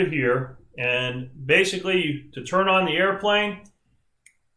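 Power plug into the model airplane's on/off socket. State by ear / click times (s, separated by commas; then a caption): seated / 4.3 s. Someone talks, then a power plug is pushed into the model airplane's on/off socket to turn on the airplane's power. One sharp, short click sounds at 4.3 s as the plug seats.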